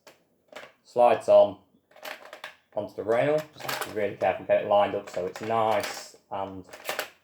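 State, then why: Seated. An accessory is slid along the bottom rail of a Tokyo Marui FN SCAR-H rifle, lined up so it is nice and snug, while someone talks. It is pushed all the way down and clicks in place, locking onto the rail with a short click at 7.0 seconds.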